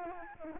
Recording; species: mosquito wingbeat signal from an infrared sensor; Aedes albopictus